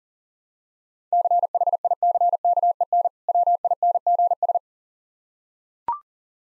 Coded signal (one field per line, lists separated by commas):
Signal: Morse code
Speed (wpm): 40 wpm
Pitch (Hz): 700 Hz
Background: none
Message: CHICKEN WINGS